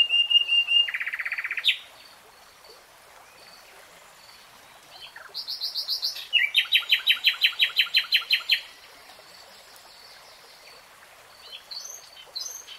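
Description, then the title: Nightingale song: a steady whistle into a buzzy trill, a long pause, then a long series of loud repeated notes and scattered soft calls. Nightingale singing in real time. "[Tiếng chim hót] 3 Hours REALTIME Nightingale Singing"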